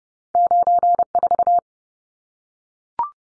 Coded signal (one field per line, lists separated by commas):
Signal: Morse code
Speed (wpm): 30 wpm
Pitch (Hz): 700 Hz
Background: none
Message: 94